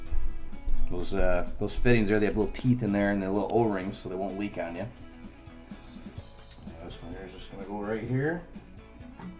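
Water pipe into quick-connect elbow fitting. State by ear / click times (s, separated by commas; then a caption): not seated / none. Someone talks over background music while a water pipe is positioned at a push-fit quick-connect elbow fitting at a filter housing; the fittings have small teeth and O-rings inside so they won't leak. The pipe is only handled and not yet pushed home, so nothing has seated or clicked yet.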